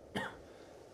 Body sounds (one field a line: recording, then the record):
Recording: coughing mixed with background sound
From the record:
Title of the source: Coughing Man Sound - Man Cough Sound Effect